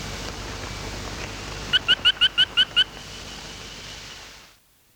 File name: Austrochaperina fryi